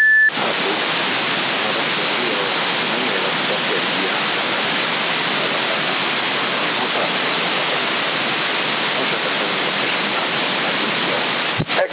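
Water flows in a steady, unbroken rush, a dense hissing roar that holds the same loudness for the whole stretch, with no voices over it.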